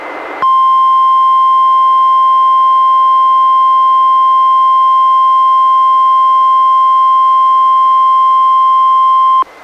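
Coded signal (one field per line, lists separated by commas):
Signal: Emergency Alert System (SAME) tones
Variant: 1050 Hz attention tone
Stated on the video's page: NOAA Weather Radio required weekly test relayed by an Astoria transmitter, received on a Reecom R-1630 weather radio and recorded through a Zoom H1 audio recorder.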